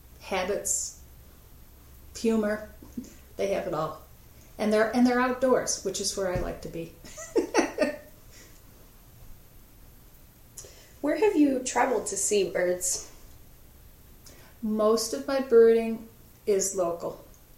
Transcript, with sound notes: habits, humor…they have it all. And they're outdoors, which is where I like to be. [Laughter.]
Where have you traveled to see birds?
Most of my birding is local.